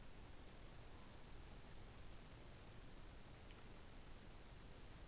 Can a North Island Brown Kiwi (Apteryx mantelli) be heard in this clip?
no